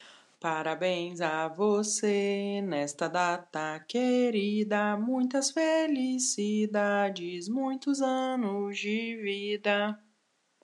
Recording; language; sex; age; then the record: short text; Brazilian Portuguese; female; 30 to 39 years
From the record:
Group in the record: control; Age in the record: 34 years